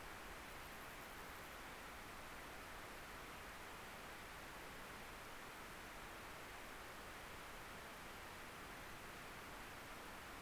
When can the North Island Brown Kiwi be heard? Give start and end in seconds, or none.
none